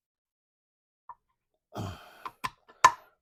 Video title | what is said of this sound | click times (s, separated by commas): New rubber for the Rally 2's and New Fan Shroud for the 1967 Pontiac Firebird 400 Project | there it is it's locked into place | 2.8 s